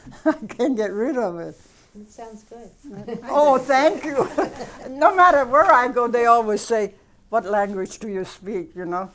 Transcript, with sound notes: couldn't get rid of it.
It sounds good.
Oh, thank you. ( they laugh ) No matter where I go they always say, "What language do you speak?" You know.